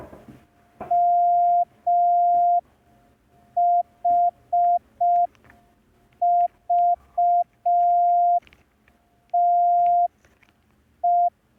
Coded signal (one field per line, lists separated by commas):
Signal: Morse code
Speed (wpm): 5 wpm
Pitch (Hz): 700 Hz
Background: none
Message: MHVTE